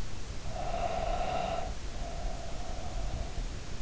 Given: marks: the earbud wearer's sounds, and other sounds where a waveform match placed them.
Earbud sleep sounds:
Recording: sounds in sleep by an in-ear microphone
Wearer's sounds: breath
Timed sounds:
0.47-3.48 s: breath

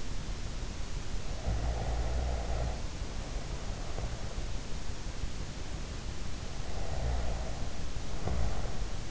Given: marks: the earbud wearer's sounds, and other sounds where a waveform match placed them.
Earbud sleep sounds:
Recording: sounds in sleep by an in-ear microphone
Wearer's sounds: snoring breath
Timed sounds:
1.25-4.38 s: snoring breath
6.53-9.11 s: snoring breath

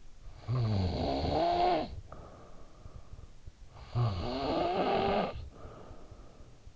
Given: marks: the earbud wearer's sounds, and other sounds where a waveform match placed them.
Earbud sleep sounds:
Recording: sounds in sleep by an in-ear microphone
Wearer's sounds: snoring breath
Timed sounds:
0.02-3.34 s: snoring breath
3.51-6.76 s: snoring breath

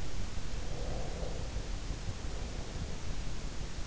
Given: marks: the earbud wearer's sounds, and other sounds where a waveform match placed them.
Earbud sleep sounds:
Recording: sounds in sleep by an in-ear microphone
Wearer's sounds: breath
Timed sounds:
0.37-3.29 s: breath

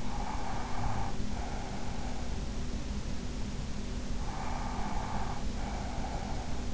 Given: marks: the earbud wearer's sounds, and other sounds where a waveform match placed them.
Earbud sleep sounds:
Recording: sounds in sleep by an in-ear microphone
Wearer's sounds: breath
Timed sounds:
0.00-2.28 s: breath
4.22-6.62 s: breath

